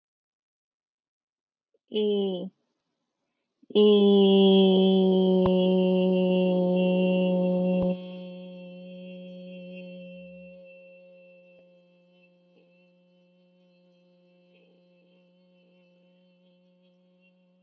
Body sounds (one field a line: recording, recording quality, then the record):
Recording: sustained vowel as in made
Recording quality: excellent, no background noise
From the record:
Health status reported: healthy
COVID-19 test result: not tested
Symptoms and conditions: none ticked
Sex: female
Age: 32 years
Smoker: not ticked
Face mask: not worn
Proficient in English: yes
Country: United States